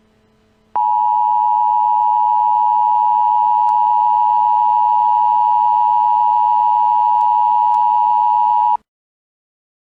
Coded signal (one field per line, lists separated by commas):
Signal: Emergency Alert System (SAME) tones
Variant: 853 and 960 Hz attention tone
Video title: EAS Erie, PA Scenario- The Terror After the Storm